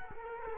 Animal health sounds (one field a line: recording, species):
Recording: mosquito wingbeat signal from an infrared sensor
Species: Culex quinquefasciatus